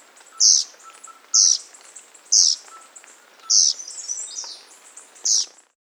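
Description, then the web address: Mountain wren giving short, very high chipping notes, five bursts spaced one to two seconds apart. South America. "Natures Songs S America Mountain Wren"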